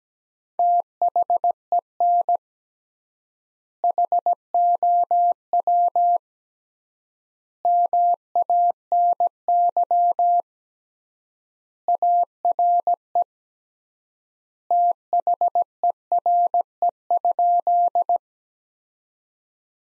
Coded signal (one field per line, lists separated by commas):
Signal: Morse code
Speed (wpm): 17 wpm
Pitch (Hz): 700 Hz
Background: none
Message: THEN HOW MANY ARE THERE?